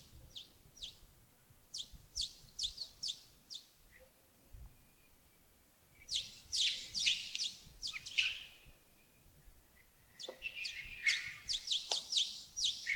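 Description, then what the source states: Bird calls as runs of brief high chirps, then a louder twittering passage and more chirp series, with faint background hiss. Birds recorded in early morning at Yagongding (亚公顶), 28 December 2025, about 07:40.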